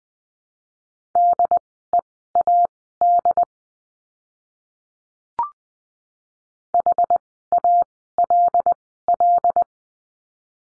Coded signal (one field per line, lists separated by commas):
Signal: Morse code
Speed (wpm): 20 wpm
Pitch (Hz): 700 Hz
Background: none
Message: DEAD HALL